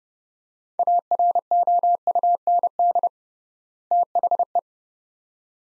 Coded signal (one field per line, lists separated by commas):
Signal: Morse code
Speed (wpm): 32 wpm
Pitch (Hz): 700 Hz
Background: none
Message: AROUND THE